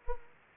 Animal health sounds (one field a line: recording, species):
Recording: mosquito wingbeat signal from an infrared sensor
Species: Anopheles arabiensis